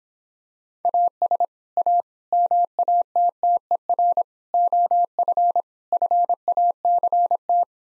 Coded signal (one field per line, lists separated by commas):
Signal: Morse code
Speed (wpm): 26 wpm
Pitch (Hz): 700 Hz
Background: none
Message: AS A MATTER OF FACT